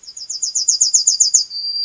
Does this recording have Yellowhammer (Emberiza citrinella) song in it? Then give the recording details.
yes. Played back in forest. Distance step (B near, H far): B. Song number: 119